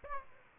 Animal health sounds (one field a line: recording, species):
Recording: mosquito wingbeat signal from an infrared sensor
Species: Aedes aegypti